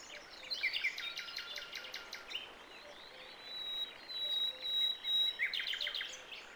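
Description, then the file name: Birds chirping and trilling in quick buzzy series, then a long thin steady whistle, over constant background hiss. "birds no battle"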